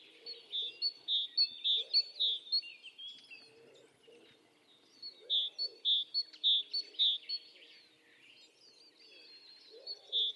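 Great tit repeating its seesawing two-note song in two bursts separated by a quiet gap, then a third burst starting at the very end, with soft lower sounds in the background.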